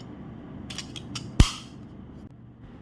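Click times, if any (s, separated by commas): 1.4 s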